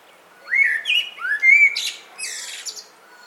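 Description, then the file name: Common blackbird song phrase: rich, rising fluted notes followed by a rapid, shrill, scratchy twittering ending. "Turdus merula"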